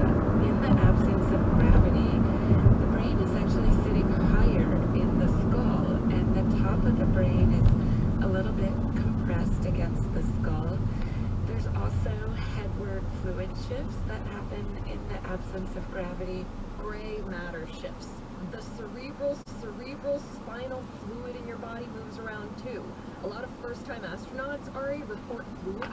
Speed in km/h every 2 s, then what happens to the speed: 71, 61, 52, 37, 27, 18, 11, 0, 0, 0, 0, 0, 0.
0-14 brakes to 0. 14-26 standing.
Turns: none.